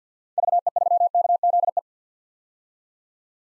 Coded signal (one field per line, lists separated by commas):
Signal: Morse code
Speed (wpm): 50 wpm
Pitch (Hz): 700 Hz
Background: none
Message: VE3KZE